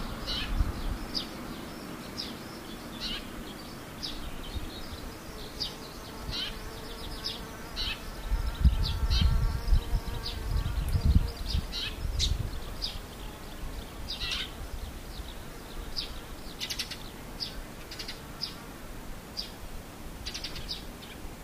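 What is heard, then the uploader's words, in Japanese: Swallows twitter with quick, high, thin chirps scattered through the whole clip, coming in small bursts every second or so. A low buzzing hum, like a passing insect, swells between about eight and thirteen seconds over a faint steady rumble. ツバメ。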